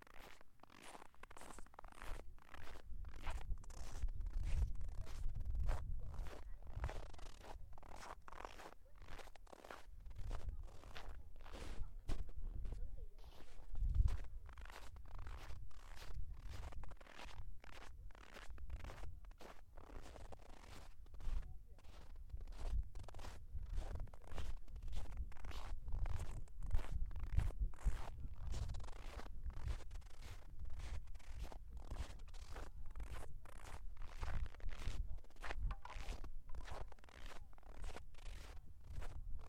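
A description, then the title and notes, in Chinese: Hard-soled shoes crunch and press into snow, each step a short, gritty squeak or scrunch. The steps come quickly and fairly regularly for the whole forty seconds, with a low rumble underneath and a slight pause near fourteen seconds. 雪的声音。在某个暴雪的夜晚，路上车辆不多行人稀疏，我在街上走着，硬底的鞋踩在雪上发出各种声音。台阶、冰面、大理石、柏油路、水泥路以及木栈道作为承载；硬底鞋作为敲打；厚雪、薄雪、被行人脚底压实的雪、被铲雪机滚成条状的雪作为连接。哈尔滨。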